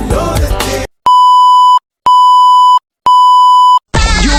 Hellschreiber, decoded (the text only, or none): none